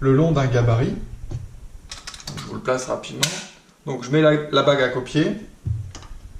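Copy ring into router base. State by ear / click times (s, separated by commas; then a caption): seated / 5.9 s. A woodworker fits a copy ring (template guide bushing) into the base of his router; it is not adjustable and only clips in. Someone talks, with a few short ticks around 1.9 to 2.3 seconds. A single sharp tick at 5.9 seconds marks the copy ring clipping into place, seated.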